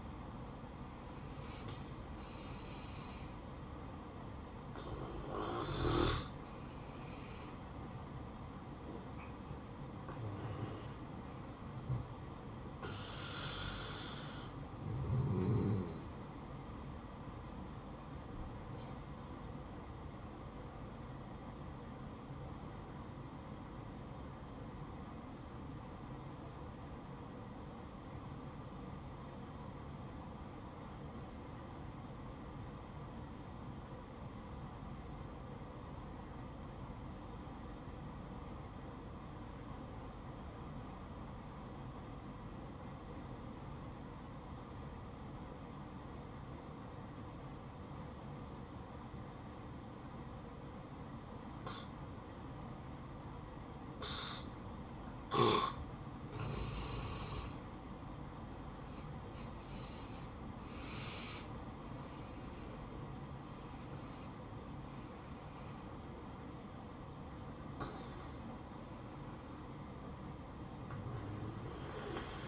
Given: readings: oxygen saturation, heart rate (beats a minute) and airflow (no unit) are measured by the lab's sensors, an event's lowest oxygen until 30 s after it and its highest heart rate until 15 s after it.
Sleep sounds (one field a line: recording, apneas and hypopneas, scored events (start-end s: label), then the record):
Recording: breathing in sleep by a smartphone at the bedside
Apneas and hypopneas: 1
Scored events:
18.00-48.00 s: new sleep stage, N2 (light sleep)
23.00-57.30 s: obstructive apnea (N2, oxygen 97% highest, then 85% lowest, heart rate 61 at the start, 71 highest)
48.00-72.48 s: new sleep stage, N1 (lightest sleep)
From the record:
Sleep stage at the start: N1 (lightest sleep)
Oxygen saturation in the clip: 84 to 97%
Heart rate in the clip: 60 to 74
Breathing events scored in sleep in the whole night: 573 in 9.8 hours asleep